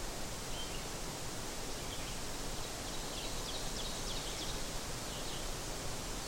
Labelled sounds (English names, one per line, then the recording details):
Ovenbird song
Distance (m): 50 m
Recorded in boreal forest in Alberta, Canada, on 12 June 2016 at 05:44
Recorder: SongMeter 3, array SBT-3-18
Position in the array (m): 151 m, 225 m
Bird 30